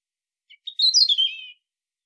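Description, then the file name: European robin delivering a short warbled phrase: a couple of soft notes, then a bright high flourish sliding down into a trilled ending. "Erithacus rubecula"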